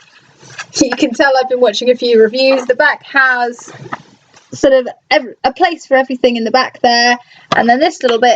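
Someone talks throughout while handling the plastic rear cover of a Nintendo Switch game console docking station, the part meant to snap shut over the cable ports. Nothing has seated or clicked yet by the end of the clip.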